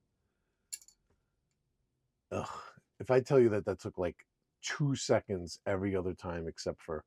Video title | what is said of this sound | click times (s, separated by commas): Remington Nylon 66 | And then it will just click into place. | 0.7 s